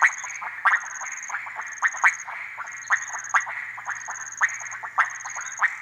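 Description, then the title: Frogs calling in a loud chorus of quick, rattling croaks in clustered bursts, with a steady high insect buzz pulsing in separate stretches above. Frogs gathered at small ponds and puddles in humid Harenna Forest cloud forest, calling day and night; overcast, hot, muggy afternoon; 23 September 2018; recorded on Sony PCM D100. "180923 Harenna Forest - Frogs At Pond"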